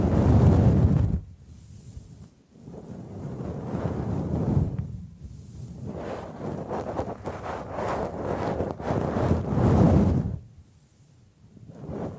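Bamboo is brushed and scratched in long swelling passes with a heavy low rumble, much like gusts of wind. Quick scratchy ticks crowd together between about seven and ten seconds, and near-silent gaps fall around two, five and eleven seconds.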